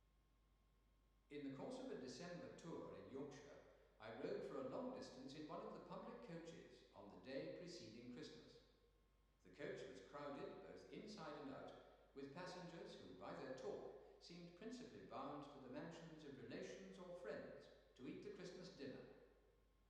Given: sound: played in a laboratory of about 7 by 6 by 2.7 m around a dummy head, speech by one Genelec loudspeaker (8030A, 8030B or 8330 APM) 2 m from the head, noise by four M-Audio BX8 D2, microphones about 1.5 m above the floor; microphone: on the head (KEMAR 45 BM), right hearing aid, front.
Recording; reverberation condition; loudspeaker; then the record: male speech in English; high; 150 degrees to the right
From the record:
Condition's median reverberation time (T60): about 1300 ms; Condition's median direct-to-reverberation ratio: about -4.0 dB